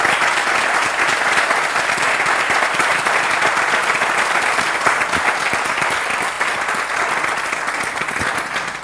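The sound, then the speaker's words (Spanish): An audience at a mindfulness event applauds the translator steadily for about nine seconds, a dense, even wash of many hands clapping at a constant loudness with no voices standing out, easing off slightly at the very end. “Antes de nada, y porque se tiene que ir a la otra punta del mundo ibérico, un aplauso para la traductora, por favor.”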